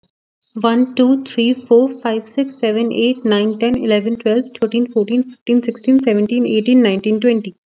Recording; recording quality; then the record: counting at a fast pace; excellent, no background noise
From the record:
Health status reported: COVID-19 positive, no symptoms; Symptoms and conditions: none ticked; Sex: female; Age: 24 years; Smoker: not ticked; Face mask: not worn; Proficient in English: yes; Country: India